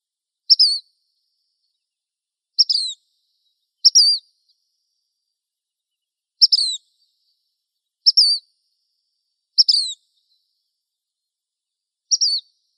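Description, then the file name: Black phoebe repeating a bright, high, slurred two-part call seven times at uneven intervals of roughly one to three seconds, against silence. Recorded in Arizona. "deviche"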